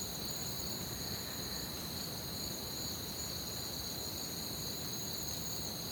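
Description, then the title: Continuous shrill cricket trill on two high pitches, even throughout, over a soft low rumble. Crickets chirping at night in an orchard, recorded from a balcony with a Zoom H6. "Crickets Under Stars"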